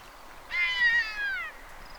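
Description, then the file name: Long-legged buzzard giving a single drawn-out, slightly falling mewing call of about one second, rich and harmonic, over a soft background hiss. "Ornvrak"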